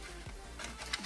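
A small plastic part of a 1/8 scale Ford GT40 model car is handled and pushed into position on the car body assembly, giving soft handling sounds and a brief sharp tick near 0.9 s. Nothing has seated or clicked into place yet.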